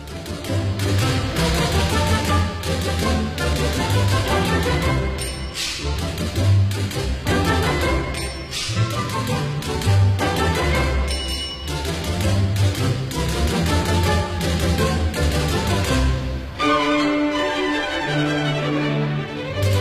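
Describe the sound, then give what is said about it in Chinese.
Rapid old-style typewriter keys clack in sharp rhythmic bursts, with the typewriter's carriage-return warning bell, in an orchestral piece called The Typewriter. Loud, bright orchestral music plays throughout, with a brief change of texture near the end. “所以当我们现在用电脑甚至用手机来打字的时候，这种古老的情趣已经感受不到了，所以来感受这首打字机。”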